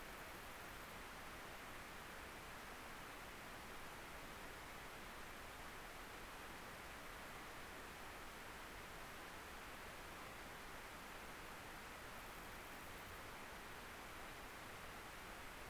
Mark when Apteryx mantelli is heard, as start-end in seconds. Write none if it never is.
none